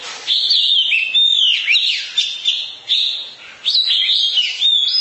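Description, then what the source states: Oriental magpie-robin song of bright whistled phrases and warbled notes, sustained, with short gaps between bursts. Long-duration song.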